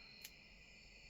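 A small plastic weapon accessory is pulled out of the sculpted hand of a King Kong action figure, where it has sat a long time. A single short, sharp snap is heard at 0.2 s over a steady high-pitched background hiss. The weapon releases from the hand.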